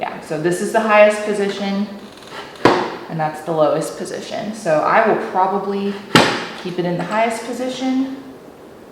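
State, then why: Not seated. A Can-Am Ryker Adventure adjustable windshield, with a little WD-40 applied, is slid between its highest and lowest positions in its mounting bracket on a three-wheeled motorcycle while someone talks. Brief sharp knocks are heard at about 2.7 s and 6.2 s. The windshield has not locked into place yet, and nothing has seated or clicked.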